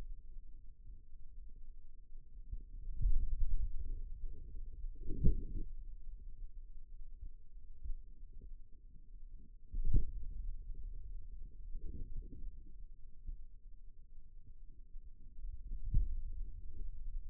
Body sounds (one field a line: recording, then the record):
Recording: forearm muscle sounds (acoustic myography)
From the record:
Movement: finger pinch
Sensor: system 2, bracelet of six BSWA MPA416 microphones around the upper forearm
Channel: 4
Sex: male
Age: 22 years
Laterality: right